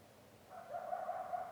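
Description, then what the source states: Coyote howl, a short steady tone that swells in after a quiet start and holds with slight wavers. Several coyotes, recorded in Yellowstone in 2021.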